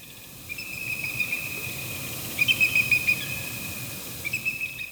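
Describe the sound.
Bald eagle calls: thin, high chittering notes in three short rapid bursts, with a faint steady high tone running underneath throughout.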